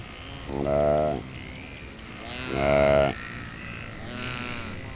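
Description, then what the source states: Saiga antelope bleats: two long, deep, harmonic moans about two seconds apart, followed by a fainter, higher-pitched answering call. Mother and calf saiga communicating with each other.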